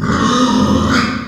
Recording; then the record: squeal of a Yucatan mini pig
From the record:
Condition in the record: after surgery on the right vocal fold (resection and tissue-engineered implant); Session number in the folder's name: 12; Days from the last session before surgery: 105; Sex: female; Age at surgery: 19 weeks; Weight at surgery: 25 kg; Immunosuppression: prednisolone